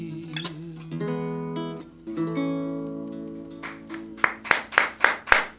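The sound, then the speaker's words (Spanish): Sustained musical tones ring out and fade, then steady rhythmic clapping follows to applaud a musician living in La Plata after his live performance, about six sharp, evenly spaced claps growing louder toward the end. “Vamos a hacer bulla para aplaudir.”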